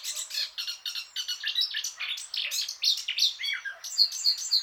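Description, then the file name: Eurasian blackcap song: busy, rapid twittering and scratchy notes, with a few bright high whistles toward the end, sung without pause. "Sylvia atricapilla"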